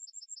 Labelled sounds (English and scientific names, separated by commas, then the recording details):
Yellowhammer (Emberiza citrinella) song
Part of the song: start
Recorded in the Czech Republic on 8 June 2013
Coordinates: 49.542, 18.317
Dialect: BE
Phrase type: D53
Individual 305780